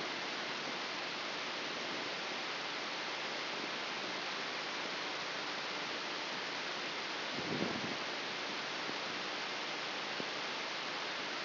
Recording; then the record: brain microelectrode recording played as sound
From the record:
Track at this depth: inside the subthalamic nucleus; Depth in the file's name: 3.698 mm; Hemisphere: left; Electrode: 3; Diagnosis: Parkinson's disease